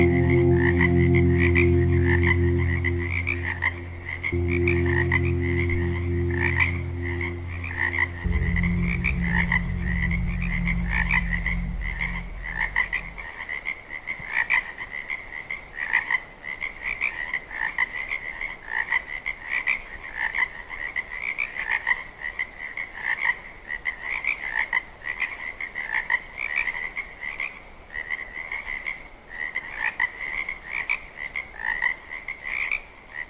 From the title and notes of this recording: Frogs and Meditation Tones. Meditation music and nature sounds.